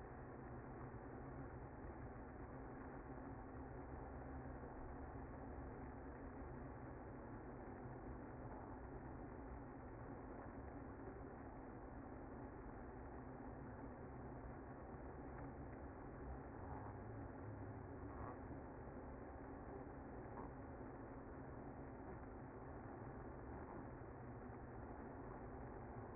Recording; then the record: honeybee colony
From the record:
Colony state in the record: active